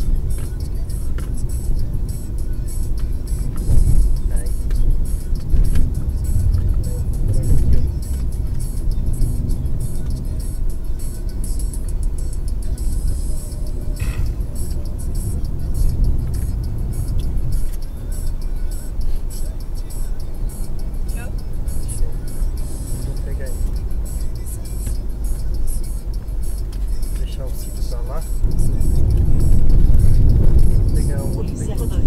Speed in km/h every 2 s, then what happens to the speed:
50, 51, 51, 52, 53, 54, 56, 58, 61, 63, 64, 66, 67, 67, 68, 69.
0-32 speeds up to 69.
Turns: none.